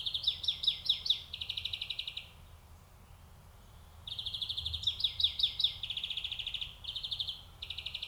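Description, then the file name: European greenfinch song of fast twittering trills and long buzzy rattles, with a short pause midway. "Chloris chloris"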